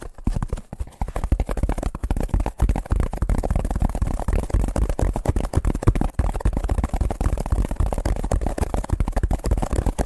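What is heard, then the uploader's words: Fast tapping runs continuously for the full ten seconds, dense and rapid with a low, thudding body and brief gaps near two and six seconds. ASMR Braingasm Inducing Fast Tapping (No Talking).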